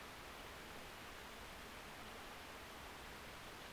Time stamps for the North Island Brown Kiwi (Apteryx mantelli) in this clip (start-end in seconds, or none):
none